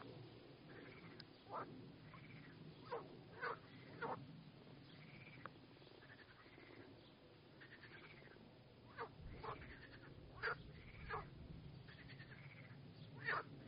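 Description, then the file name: Frog chorus of repeated arched croaks with sharp clicking notes in between, steady throughout over a low background hum. Frog chorus recorded at Arles. "Chant des grenouilles Arles"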